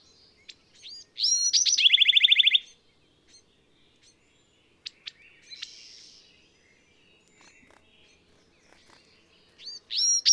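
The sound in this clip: Bird song: a loud, rapid buzzy trill of repeated notes lasting over a second, followed by scattered sharp chips and ending with another bright burst.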